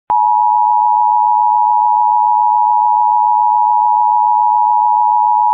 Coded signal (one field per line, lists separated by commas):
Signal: Emergency Alert System (SAME) tones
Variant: 853 and 960 Hz attention tone